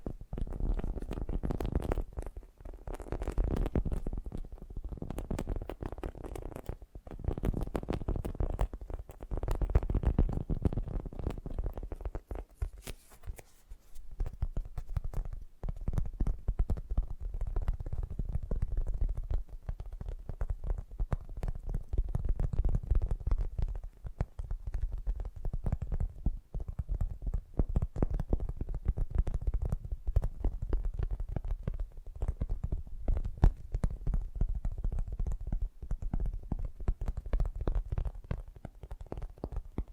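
Fast, gentle tapping runs through the whole 40 seconds as a dense patter of soft, low knocks. The first half is looser and more uneven, with a brief lull around twelve to fourteen seconds, then the taps settle into a steadier, tighter rhythm.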